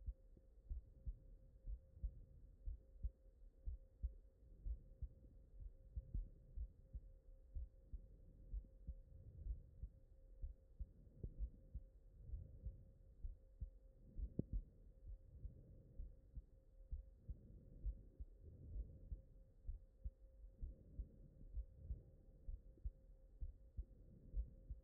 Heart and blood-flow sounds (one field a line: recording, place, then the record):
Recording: heart sounds by stethoscope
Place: mitral valve (MV)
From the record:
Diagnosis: non-HFrEF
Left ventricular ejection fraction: 63%